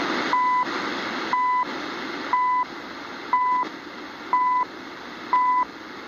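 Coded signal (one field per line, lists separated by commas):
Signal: radio time signal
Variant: CHU Canada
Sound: six short 1 kHz beeps, one each second, through shortwave static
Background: radio static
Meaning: Each tone marks one second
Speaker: And while we're at it, let's get the French ID. Canada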